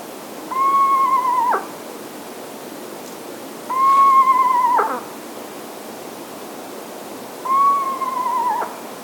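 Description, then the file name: Eastern Screech Owl giving steady, tremulous low trills about a second long, each dipping slightly at the end, three times with pauses of two seconds or so; soft background hiss. "Eastern Screech Owl - Megascops asio"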